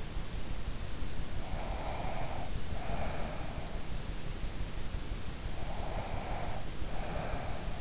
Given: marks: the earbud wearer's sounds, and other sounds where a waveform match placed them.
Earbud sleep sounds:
sounds in sleep by an in-ear microphone; breath
1.33-3.98 s: breath
5.45-7.81 s: breath

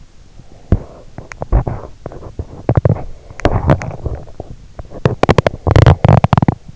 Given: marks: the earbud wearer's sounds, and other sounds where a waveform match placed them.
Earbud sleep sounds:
sounds in sleep by an in-ear microphone; teeth grinding
0.39-6.76 s: teeth grinding

